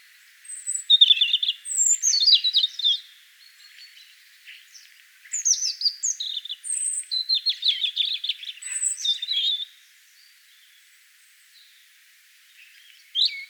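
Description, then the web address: European robin song: two long phrases of rapid, high, glittering notes separated by a clear pause, with the start of another phrase at the end. "vogelstimmen rotkehlchen gesang nabu lars lachmann"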